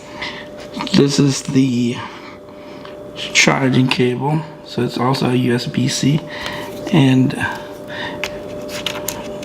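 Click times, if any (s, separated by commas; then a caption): none. A USB-C charging cable plug is handled near a laptop's USB-C port while someone talks, with a few short taps and handling noises. Nothing has seated or clicked into the port yet.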